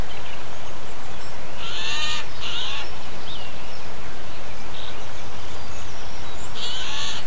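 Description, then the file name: Eurasian jay giving harsh, rasping screeches, a pair near the start and another at the end, over a steady low engine rumble. Heard alongside a tractor on 10 April 2007, captured with an MZ-N710 recorder. "Geai et tracteur 10 04 07"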